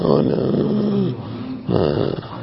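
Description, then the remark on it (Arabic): A voice imitates heavy, labored panting: two loud bursts of rough, voiced breathing separated by a short pause, with a low, strained, almost growling quality. “يعني كأنه عم يلاهي يعني يلهث يعني أما حروف مشكلة ما سمعت هذا”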